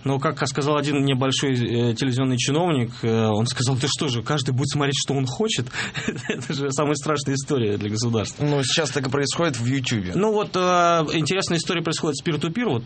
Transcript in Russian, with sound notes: Но, как сказал один мне большой телевизионный чиновник… он сказал: «Это что же, каждый будет смотреть, что он хочет?» (смеется) Это же самая страшная истории для государства.
Ну, сейчас так и происходит в Ютьюбе.
Ну, вот интересная история происходит с пир-ту-пир.